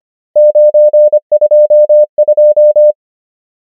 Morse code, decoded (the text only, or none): 9 2 2